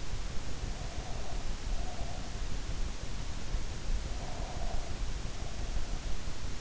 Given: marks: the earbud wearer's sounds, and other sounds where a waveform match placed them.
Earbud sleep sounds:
sounds in sleep by an in-ear microphone; breath
0.65-2.50 s: breath
4.13-6.14 s: breath

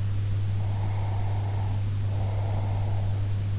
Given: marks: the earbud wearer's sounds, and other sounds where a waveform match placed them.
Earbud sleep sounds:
sounds in sleep by an in-ear microphone; breath
0.64-3.13 s: breath

